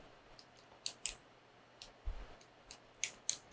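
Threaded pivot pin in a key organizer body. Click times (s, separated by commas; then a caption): 0.9 s, 1.1 s, 2.7 s, 3.0 s, 3.3 s. A coin turns the threaded pivot pin of a metal Keyport Pivot 2.0 key organizer, compressing its spring washer so the ratchet clicks into a detent every 90 degrees to keep the keys from flopping out. Sharp, bright metallic clicks sound at 0.9, 1.1, 2.7, 3.0 and 3.3 seconds over a quiet background. The pin ratchets into each detent and seats.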